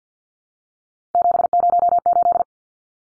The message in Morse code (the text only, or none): 708